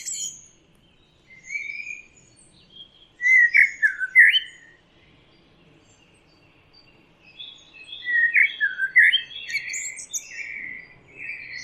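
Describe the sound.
Bird calling in two bursts of twisting, chirpy notes separated by quiet gaps, over a faint low background hum.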